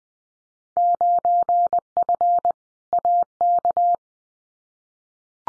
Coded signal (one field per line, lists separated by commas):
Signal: Morse code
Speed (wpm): 20 wpm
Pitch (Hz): 700 Hz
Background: none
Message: 9F AK